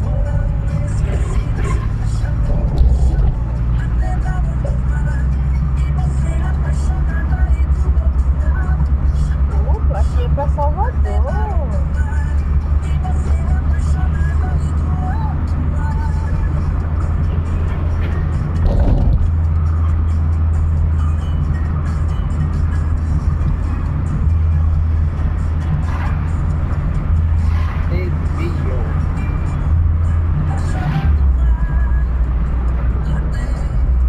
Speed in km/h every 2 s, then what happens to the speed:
33, 38, 44, 47, 47, 47, 48, 52, 54, 54, 52, 53, 52, 53, 54, 54, 56.
0-5 speeds up to 47. 5-12 steady at about 47. 12-15 speeds up to 54. 15-34 steady at about 54.